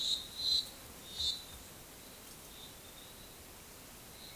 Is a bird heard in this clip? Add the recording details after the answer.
no. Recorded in forest near Pivijay, Magdalena, Colombia, on 15 April 2023 at 15:30. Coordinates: 10.467, -74.380. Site Z5-G034